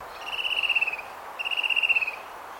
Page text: Bird Fan Tailed Cuckoo Call. Birds in Queensland